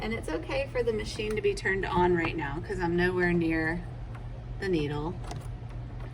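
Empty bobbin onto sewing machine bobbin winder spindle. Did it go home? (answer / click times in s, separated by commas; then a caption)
no / none. Someone talks while handling an empty plastic bobbin being placed onto the bobbin winder spindle of a Babylock sewing machine that is switched on, with a steady low hum underneath. Nothing has seated or clicked yet; the bobbin is not yet snapped home.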